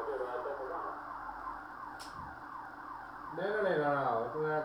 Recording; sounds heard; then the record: poultry house recording; no chicken sound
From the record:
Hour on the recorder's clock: 6